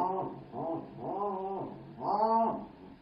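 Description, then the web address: Pallas's cat meowing: four short harmonic meows, the last one longest and loudest. "Manul Meow"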